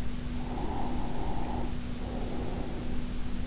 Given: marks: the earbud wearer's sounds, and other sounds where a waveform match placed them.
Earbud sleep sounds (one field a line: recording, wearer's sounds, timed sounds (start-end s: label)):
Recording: sounds in sleep by an in-ear microphone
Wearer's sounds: breath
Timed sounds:
0.36-2.89 s: breath